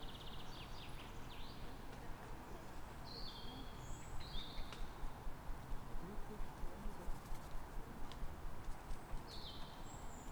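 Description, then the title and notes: Bird song of high, quick twittering phrases and short whistles scattered throughout, set against constant dull traffic rumble. Calm morning on 3 May in Fresnes, Ile de France, with ring-road traffic in the background. "Matin calme avec oiseaux. Fresnes, Ile de France."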